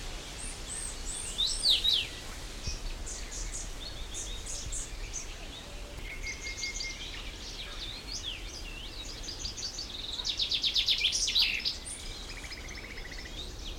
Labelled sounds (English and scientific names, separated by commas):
Common Chaffinch (Fringilla coelebs)